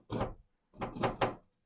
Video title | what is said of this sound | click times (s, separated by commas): Permanent Fix For Loose Toilet Paper Holders and Towel Bars | slide it in you'll hear it click | 1.2 s